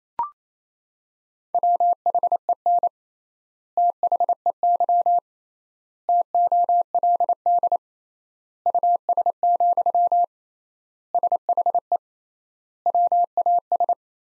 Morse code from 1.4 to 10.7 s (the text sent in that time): WHEN THEY TOLD US,